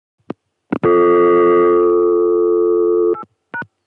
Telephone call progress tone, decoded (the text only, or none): dial tone